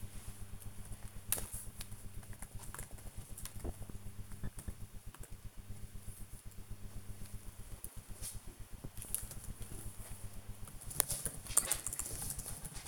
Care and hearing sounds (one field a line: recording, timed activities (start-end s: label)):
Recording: household activities, microphone on the right wrist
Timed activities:
0.00-12.88 s: working on the computer